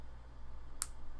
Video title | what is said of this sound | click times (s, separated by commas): HG 1/144 GAT-04 Windam Gunpla Hangar Ep. 45 | instead it snaps in place on the arm itself and then from that we take | 0.8 s